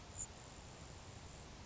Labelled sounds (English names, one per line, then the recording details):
Grasshopper Sparrow
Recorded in Sonoma County, California